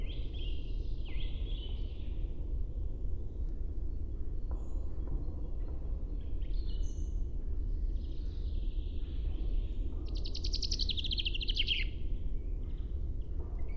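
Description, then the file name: Common chaffinch song: a bright trill of rapid notes falling in pitch near the end, after faint thin calls, over steady low rumbling noise. "Fringilla coelebs"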